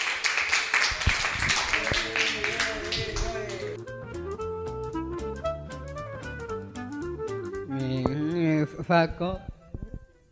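A group claps and applauds loudly for about four seconds, a dense crackle of many hands, before giving way to a melodic tune that carries on to the end.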